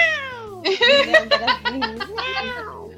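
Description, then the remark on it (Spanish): A cat in heat yowls loudly, a falling cry followed by a long, drawn-out, wavering meow that rises and dips in pitch before trailing off, with no one talking. “Es que justo apareció mi gata que anda en celo, entonces me tiene loca, perdón.”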